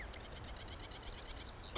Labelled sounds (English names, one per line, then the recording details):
Marsh Wren
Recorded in Sonoma County, California